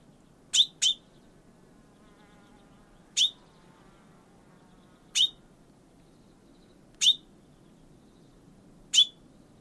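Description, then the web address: Bird giving clipped high chirps, a quick pair then single notes roughly every two seconds, over faint low background noise. "Bird Only"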